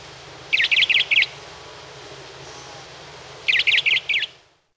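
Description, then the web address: Crissal thrasher song: a quick burst of four sharp, buzzy chirping notes, repeated once after about two seconds of quiet, with a low hum underneath. "Peterson North American Birds iso sound crth"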